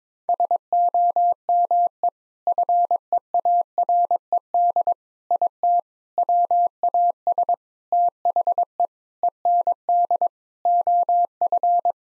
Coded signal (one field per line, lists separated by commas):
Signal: Morse code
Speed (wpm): 22 wpm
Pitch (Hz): 700 Hz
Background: none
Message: SOME FEARED IT WAS THE END OF